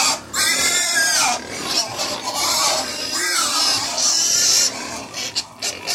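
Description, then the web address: Pig (Middle White): pigs squealing loudly in long, strained, harmonic cries that rise and fall. Middle White breed, about 100 pigs indoors, feeding very noisily. "Middle White Pigs, interior, approx 100 pigs feeding very noisily"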